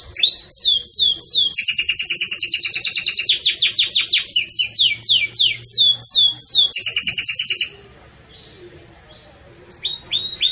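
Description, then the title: Belgian canary song: bright, high rolling tours of repeated downslurred notes and fast trills, changing every second or two, then a pause of near silence with brief faint notes near the end. Pure campainha-style song with pauses, for training. "Canto Canário Belga Campainha Puro Com Pausa Para Treinamento"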